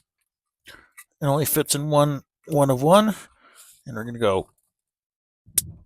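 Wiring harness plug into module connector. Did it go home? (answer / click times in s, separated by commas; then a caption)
yes / 5.6 s. Someone talks while a keyed wiring-harness plug for a Hydrophase Ride Steady module is pushed into its mating socket on the battery side of a 2021 Yamaha AR 250 jetboat. A sharp, clear click sounds at 5.6 s as the connector seats fully.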